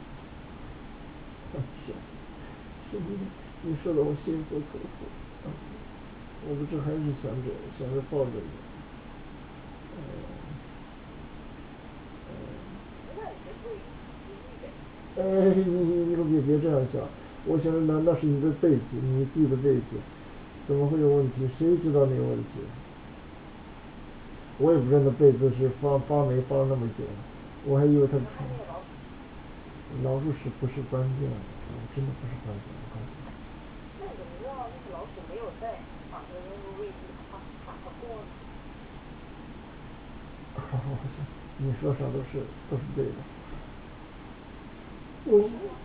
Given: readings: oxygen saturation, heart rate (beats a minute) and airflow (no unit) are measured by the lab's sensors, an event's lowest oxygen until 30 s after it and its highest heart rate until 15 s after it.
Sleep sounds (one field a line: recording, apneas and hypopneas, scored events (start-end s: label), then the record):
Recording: a person awake in a sleep study, by a voice recorder at the bedside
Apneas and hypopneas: none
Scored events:
0.00-45.85 s: awake
From the record:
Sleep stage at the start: awake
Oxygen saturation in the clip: 94 to 95%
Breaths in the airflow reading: 15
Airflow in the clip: -3.9 to 5.8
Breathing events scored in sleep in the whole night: 216 in 7.0 hours asleep